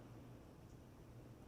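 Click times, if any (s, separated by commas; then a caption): none. A hinged shock spring is held roughly lined up over the brass jewel setting of a watch movement, ready to be pushed home. Only a steady low hum with faint background noise is heard, with no sharp sounds. Nothing has seated or clicked yet.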